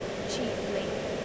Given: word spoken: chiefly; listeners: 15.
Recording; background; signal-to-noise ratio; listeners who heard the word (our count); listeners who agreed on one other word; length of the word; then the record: one English word in noise, from a listening test; speech-shaped noise; -6.4 dB; 4 of 15; 10 of 15; 0.85 s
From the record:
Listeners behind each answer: 10, 4, 1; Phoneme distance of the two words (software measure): 10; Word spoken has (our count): 2 syllables, 5 phonemes, stress on syllable 1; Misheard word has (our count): 2 syllables, 5 phonemes, stress on syllable 1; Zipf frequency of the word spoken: 2.90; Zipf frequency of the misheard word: 3.46